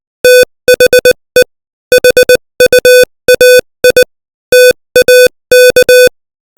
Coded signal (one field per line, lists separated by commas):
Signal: Morse code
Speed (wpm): 20 wpm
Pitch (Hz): 500 Hz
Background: music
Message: THE HUAI TAK